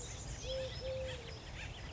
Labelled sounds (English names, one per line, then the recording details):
Eurasian Collared Dove
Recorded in Sonoma County, California